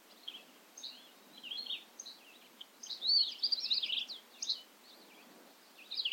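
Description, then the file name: Bobolink giving a quieter burbling song of slurred high notes, with a denser, louder jumble in the middle; faint background hiss. Recorded at Ferme Beauchamp. "A bobolink talks to you from Ferme Beauchamp"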